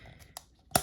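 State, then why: Seated. The plastic tail of the Baryonyx figure from the Mattel Jurassic World Camp Cretaceous Camp Adventure Set is lined up and pushed into the body socket. A faint tick at 0.2 s and a sharper one at 0.4 s come before a loud, bright click at 0.8 s. The tail clicks into place and can no longer be removed.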